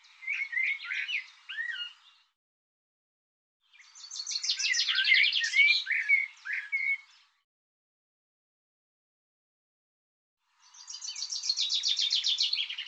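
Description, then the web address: Songbird singing in three phrases spaced by silences. Jumbled chirps and whistles lead into fast, high, buzzing trills. Recording cleaned and normalized; bird labelled 'Tu Me Tu Me'. "cianscape birddata Deverinetal 2025 File cleaned normalized Bird Tu Me Tu Me"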